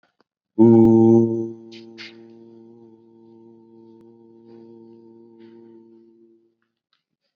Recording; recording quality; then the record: sustained vowel as in boot; excellent, no background noise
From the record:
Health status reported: COVID-19 positive, mild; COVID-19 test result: positive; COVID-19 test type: RT-PCR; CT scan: not taken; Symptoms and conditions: cough, fever, fatigue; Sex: male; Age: 26 years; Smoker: no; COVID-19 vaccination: both doses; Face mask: worn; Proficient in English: yes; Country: India